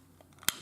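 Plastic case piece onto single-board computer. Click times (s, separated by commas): 0.5 s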